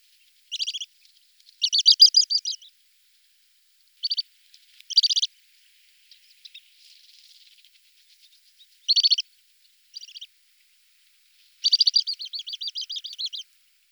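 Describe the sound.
Bird song in short bursts of rapid, high chirping trills, separated by pauses of a second or more, with faint twittering between them.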